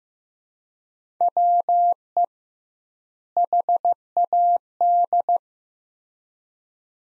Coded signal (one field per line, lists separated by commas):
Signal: Morse code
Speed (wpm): 15 wpm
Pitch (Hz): 700 Hz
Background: none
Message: WE HAD